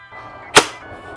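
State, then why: Seated. A four-wheel-drive selector switch module is pressed into its opening in a new dash trim bezel while a head unit is being installed in a pickup. Against a low background that may be music, one sharp broadband snap lands at 0.6 s. The module fits and seats in the bezel.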